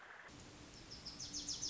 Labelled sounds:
Wilson's Warbler

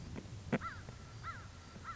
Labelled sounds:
American Crow

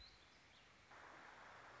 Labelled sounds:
Warbling Vireo

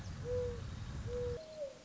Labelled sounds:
Mourning Dove

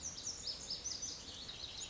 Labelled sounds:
Lazuli Bunting

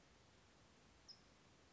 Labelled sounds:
California Towhee

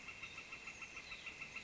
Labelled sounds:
Northern Flicker

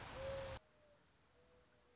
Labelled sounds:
Mourning Dove

